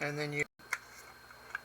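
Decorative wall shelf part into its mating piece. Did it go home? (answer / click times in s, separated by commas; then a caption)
yes / 0.7 s, 1.6 s. Someone talks briefly, then a piece of a small decorative wall-mountable shelf, being unboxed, is fitted into its mating piece. Two sharp clicks sound at 0.7 s and 1.6 s over quiet background, and the part locks into place.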